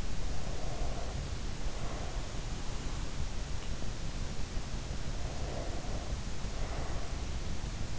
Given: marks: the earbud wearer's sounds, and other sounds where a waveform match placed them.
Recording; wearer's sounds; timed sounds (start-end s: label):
sounds in sleep by an in-ear microphone; breath
0.00-3.05 s: breath
4.74-7.34 s: breath